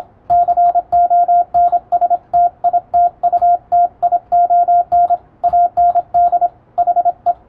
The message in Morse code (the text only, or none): CONSTITUTION AND HE